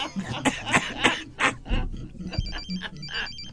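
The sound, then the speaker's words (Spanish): A telephone rings with a high, fluttering electronic trill repeated in short bursts in the second half, after a stretch of brief voice sounds and what may be a cough. “¿Teléfono? Teléfono.”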